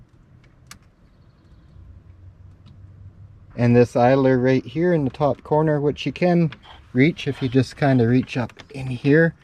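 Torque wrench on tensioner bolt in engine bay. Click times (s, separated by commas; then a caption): 0.7 s. A 3/8-drive torque wrench set to 18.4 ft-lb tightens a tensioner bolt in the engine bay of a Mercedes C350 during belt drive work. The wrench clicks sharply at 0.7 s, meaning the bolt has reached the set torque, and small ticks follow in the quiet before someone talks from about 3.6 s on.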